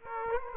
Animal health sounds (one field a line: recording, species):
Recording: mosquito wingbeat signal from an infrared sensor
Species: Aedes aegypti